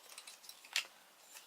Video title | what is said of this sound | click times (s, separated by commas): Bandai Tamashii Nations Digivolving Spirits 01 Wargreymon Part 2 | it'll firmly click into place awesome | 0.8 s